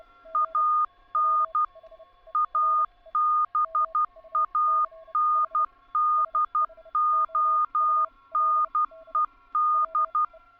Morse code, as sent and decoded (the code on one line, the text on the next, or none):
.- -. / .- -... .- -. -.. --- -. . -..
AN ABANDONED